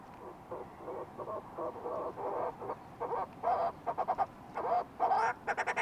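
Fulmar prion calling with a steady series of rough, pulsed notes that grow louder and quicker toward the end, ending in a few sharp stuttering bursts.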